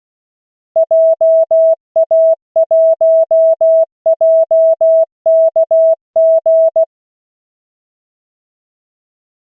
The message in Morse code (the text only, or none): JA1JKG